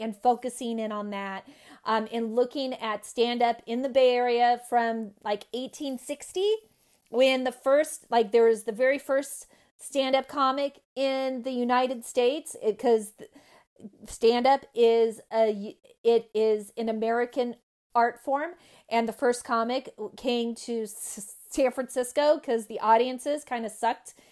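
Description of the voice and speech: An adult woman speaks conversationally with frequent pauses, stretched sounds on words like "in" and "is", and a held, blocked "k" before "came". Between these disruptions her voice is clear and steady. These are stuttering moments, prolongations and blocks, in a woman who has stuttered since age 8, about 40 years.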